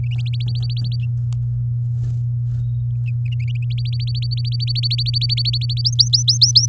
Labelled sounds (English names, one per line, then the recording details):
Domestic Canary song
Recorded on 9 May 2018 at 14:55
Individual llb16